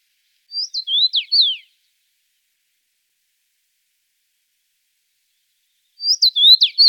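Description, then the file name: Common rosefinch giving two brief phrases of clear falling whistles, one near the start and one at the end, separated by several seconds of silence. "Karmingimpel"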